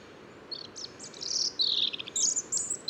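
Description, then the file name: European robin delivering a rapid, high tinkling phrase of short notes and buzzy trills, steady faint hiss underneath. "Erithacus rubecula"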